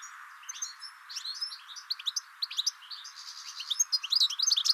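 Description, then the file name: European goldfinch twittering, a quick irregular run of bright, tinkling chirps and short buzzy notes that grows denser and louder toward the end. "Carduelis carduelis"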